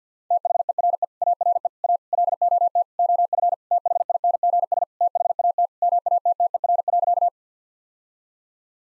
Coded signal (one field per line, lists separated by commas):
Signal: Morse code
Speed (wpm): 50 wpm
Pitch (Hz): 700 Hz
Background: none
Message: THERE ARE A LOT OF THINGS THAT MATTER.